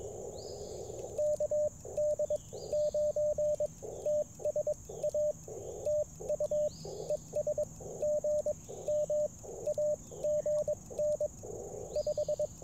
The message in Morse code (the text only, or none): KD9TSA TU ES GM AGN 5